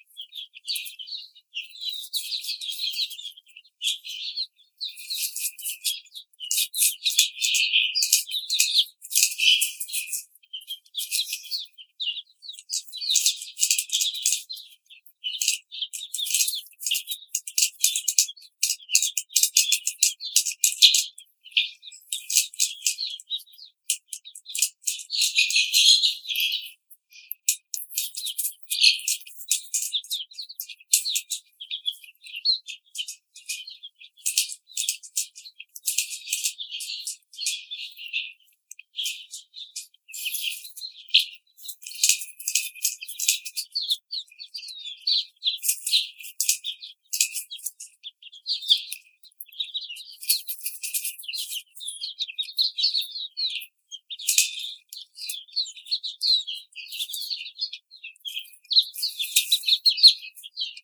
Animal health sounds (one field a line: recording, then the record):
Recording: young laying hens in a cage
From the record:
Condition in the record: treatment cage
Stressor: simulated dog barking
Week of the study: 5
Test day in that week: 1